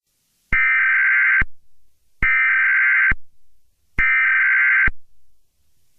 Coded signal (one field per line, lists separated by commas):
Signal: Emergency Alert System (SAME) tones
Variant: header bursts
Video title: Spiff Nusmi Emergency Alert System